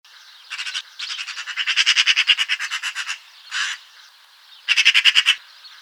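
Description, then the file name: Eurasian magpie giving harsh rattling chatter calls, rapid series of rasping notes in bursts, a longer chatter in the middle, a single harsh note, then another quick burst. "Pica pica"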